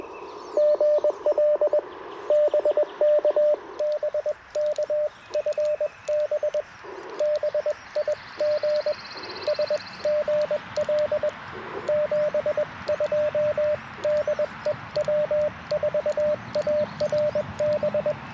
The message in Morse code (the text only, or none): GL BK BK FB BI GS GL 72 DE W4ARB